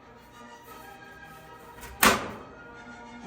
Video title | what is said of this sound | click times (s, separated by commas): DEVAISE 2 DRAWER METAL CABINET ASSEMBLY (FULL PART 1) | You can hear it snapping into place. | 2.0 s